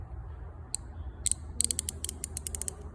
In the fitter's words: it clicking? See the clicks?